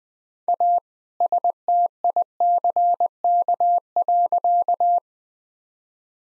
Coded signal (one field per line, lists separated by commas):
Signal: Morse code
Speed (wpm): 20 wpm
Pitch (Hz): 700 Hz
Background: none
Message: A STICK.